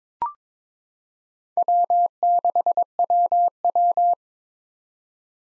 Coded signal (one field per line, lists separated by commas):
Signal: Morse code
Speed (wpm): 21 wpm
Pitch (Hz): 700 Hz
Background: none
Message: W6WW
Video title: 2023 SOTA Chaser Call Signs - 22wpm